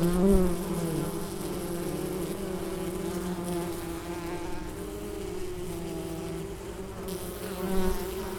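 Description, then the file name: Bee humming in flight, a loud swell at the start, then a steady drone that shifts slightly in pitch, swelling again near the end. "Bienenflug"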